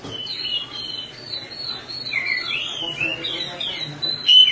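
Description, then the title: Oriental magpie-robin song, a steady, unbroken stream of sliding high whistles and warbles, rising and falling, with a sharp louder note near the end. "Suara Kicauan Burung Kacer"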